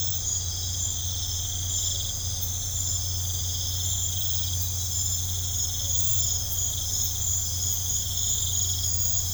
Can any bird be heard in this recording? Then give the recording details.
no. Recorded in pastures near Puerto Asís, Putumayo, Colombia, on 15 December 2024 at 00:00. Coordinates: 0.502, -76.324. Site G077